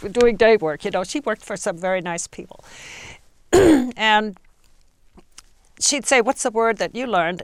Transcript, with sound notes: Doing day work, you know. She worked for some very nice people. (she clears her throat) And she'd say "What's the word that you learned?"